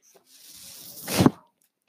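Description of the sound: The sound of a home mechanical ventilator belonging to the person who uses it, heard in a pause between his words.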